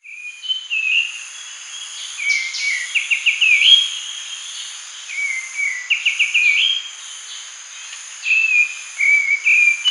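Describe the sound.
Grey-cheeked bulbul song of fluty slurred whistles and quick stuttering note runs, repeated in short phrases against a continuous high insect-like buzz.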